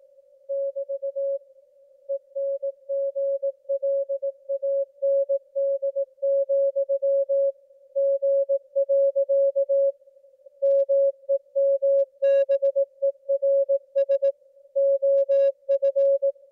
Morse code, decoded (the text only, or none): <BT> ENGLAND, G. MEMBERS OF